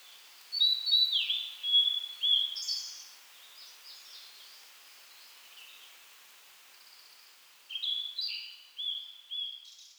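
Bird giving two bouts of quick, high chirping notes with short slurred and stepped phrases, separated by several seconds of faint background hiss.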